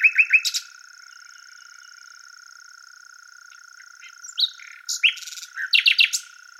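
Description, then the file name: Common nightingale song in short bursts: quick chattering notes, a pause, then varied sharp chirps and whistles, over a constant high hiss. "Luscinia megarhynchos"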